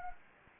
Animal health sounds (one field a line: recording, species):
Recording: mosquito wingbeat signal from an infrared sensor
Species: Anopheles arabiensis